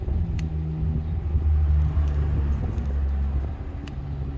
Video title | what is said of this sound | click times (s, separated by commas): BOSLLA - NP Series LED headlights | rotate and you'll hear where it clicks onto the next position. | 0.4 s, 3.9 s